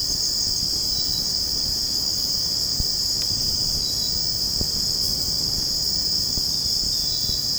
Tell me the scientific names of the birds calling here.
none